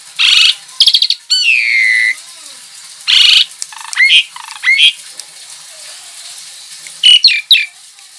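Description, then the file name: Javan pied starling song of grating squawks and slurred falling whistles, delivered in irregular bursts with quiet gaps, over a faint steady hiss. Lure call (pancingan) of the Javan pied starling, used to attract birds; uploaded December 2019. "suara pancingan jalak suren"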